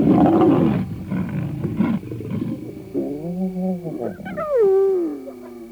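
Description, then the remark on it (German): A scarred lioness snarls at a young male lion that pushed too close to her: a loud, rough growling burst, then strained, drawn-out snarls that waver and slide downward in pitch, with no voices. “Er schob sich zu nah an die Genarbte. Sie blies ihn einfach weg.”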